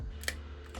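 A plastic panel on an RP-44 Astrotrain transforming robot figure (a Fanstoys KO, Thomas version) is pushed into the robot body during transformation. It gives a sharp double click at 0.2 s and 0.3 s, followed by a softer sound near 0.8 s. The part locks into place and is seated.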